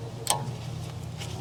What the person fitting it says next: they snap into place pretty well